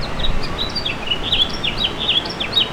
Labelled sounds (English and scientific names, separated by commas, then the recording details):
House Finch (Haemorhous mexicanus) song
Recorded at Patchogue on Long Island, New York, on 21 June 2013
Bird F